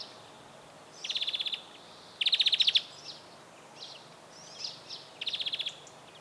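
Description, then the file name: European greenfinch trilled calls, three rapid buzzy bursts of evenly spaced notes lasting about half a second each, with scattered thin chirps between them. "Chloris chloris"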